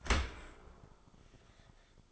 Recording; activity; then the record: daily activity, microphone in the room; open dishwasher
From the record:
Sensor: 5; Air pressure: 1004.8 hPa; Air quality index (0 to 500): 94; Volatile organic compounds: 2 ppm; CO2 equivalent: 1132 ppm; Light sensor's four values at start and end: 33/76/31/30 and 33/77/31/30